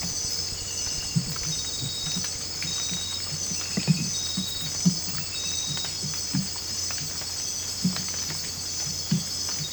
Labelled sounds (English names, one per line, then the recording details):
none
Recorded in dense forest near Puerto Asís, Putumayo, Colombia, on 22 December 2024 at 20:00
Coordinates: 0.484, -76.317
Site G026